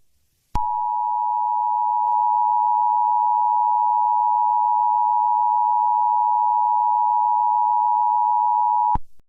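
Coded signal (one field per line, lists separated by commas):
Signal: Emergency Alert System (SAME) tones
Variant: 853 and 960 Hz attention tone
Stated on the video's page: Unfinished fictional EAS scenario about spikes coming out of the ground.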